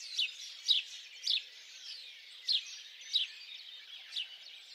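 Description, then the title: Birdsong chorus: sharp descending high chirps repeated at irregular intervals over a steady background wash of many singing birds. Birds singing at dawn. "Pássaros Cantando No Amanhecer"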